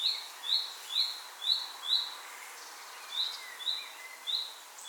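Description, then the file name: Common nightingale calling in quick rising whistles, about eight in five seconds, with a short pause midway and faint lower notes behind. "Luscinia megarhynchos"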